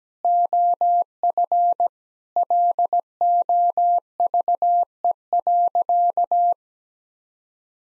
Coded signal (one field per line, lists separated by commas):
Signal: Morse code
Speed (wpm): 17 wpm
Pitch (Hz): 700 Hz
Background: none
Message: OF LOVE.